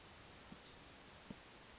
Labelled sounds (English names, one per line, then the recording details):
Western Flycatcher
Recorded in Sonoma County, California